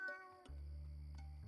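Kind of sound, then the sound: animal, cat meowing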